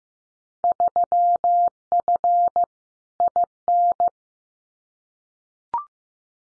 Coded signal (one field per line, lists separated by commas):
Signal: Morse code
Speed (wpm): 16 wpm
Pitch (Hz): 700 Hz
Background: none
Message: 3F IN